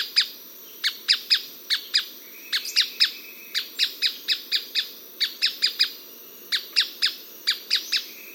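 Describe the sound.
Striated softtail producing a steady stream of short, dry, clicking notes, some paired, against a low background hiss.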